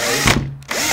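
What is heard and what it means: A drill runs in reverse on a wood screw in a stripped plywood hole, its whine surging around 0.3 s, dipping near 0.6 s, and rising again at 0.7 s. With no grip in the stripped hole, the screw just spins and will not back out. Nothing catches or clicks.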